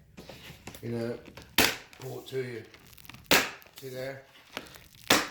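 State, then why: Seated. A vinyl window sash is pulled forward and then pushed into its vinyl window frame while someone talks, with scattered light knocks and rattles. At 5.1 s a sharp, loud pop is heard as the sash seats in place.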